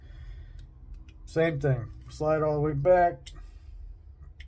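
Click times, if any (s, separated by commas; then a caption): 4.4 s. During reassembly of a small Browning FN Baby .25 ACP pistol, the metal slide is pulled all the way back and held open by the safety catch while someone talks. A sharp metallic click at 4.4 s marks the slide locking back into place.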